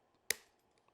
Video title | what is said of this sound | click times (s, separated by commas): Installing Enclosure | snap. It's in place. | 0.3 s